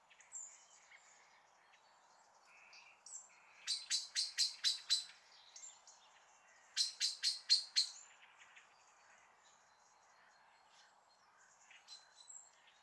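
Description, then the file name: Common blackbird calls: two short bursts of five or six hard chink notes, with faint soft notes scattered through the quiet stretches. "Turdus merula"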